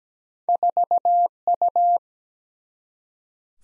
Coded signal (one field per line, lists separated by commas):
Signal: Morse code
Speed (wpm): 17 wpm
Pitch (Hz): 700 Hz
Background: none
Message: 4U